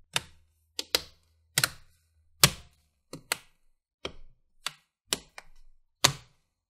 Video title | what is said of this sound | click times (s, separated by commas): HP X360 14 cd0004la 3px59la#abm Battery Change / replacement Guide | a pressure right on the corners at the sides and you're gonna hear the click sound just | 0.9 s, 1.6 s, 2.4 s, 5.1 s, 6.0 s